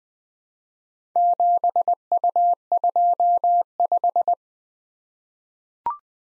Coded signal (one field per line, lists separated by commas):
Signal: Morse code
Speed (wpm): 20 wpm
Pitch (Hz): 700 Hz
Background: none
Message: 7U25